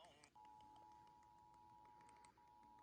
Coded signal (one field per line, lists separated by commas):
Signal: Emergency Alert System (SAME) tones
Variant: 853 and 960 Hz attention tone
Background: speech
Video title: EAS #159/170 - Minnesota Required Monthly Test (Dec 6, 2023)